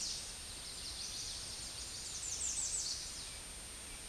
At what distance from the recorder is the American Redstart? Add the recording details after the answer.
about 25 m. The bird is about level with the microphone. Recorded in a Pennsylvania forest on 16 May 2024 at 08:23. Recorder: AudioMoth, point MSD-2367. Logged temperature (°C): 16.0 °C. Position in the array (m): 116 m, 233 m